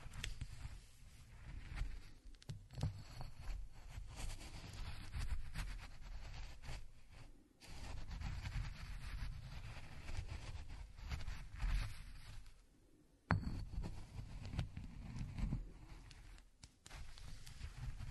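Walnuts are ground by hand in a rough, continuous grinding and crunching that rumbles low and scratches irregularly, with many small cracks through it. The grinding stops briefly around 7.5 and 13 seconds, then resumes at about the same pace.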